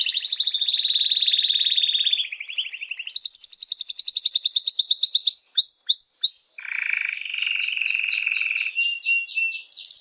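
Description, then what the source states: Canary singing nonstop: a long steady trill, then a higher rolling series, then a lower buzzy roll of repeated notes. Belgian mosaic canary.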